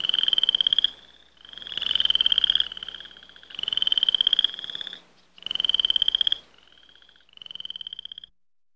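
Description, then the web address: Frogs croaking in a chorus, pulsed bursts of about a second with high trilled tones, coming in rhythmic waves roughly every two seconds with short quiet gaps. "frogs chorus singing"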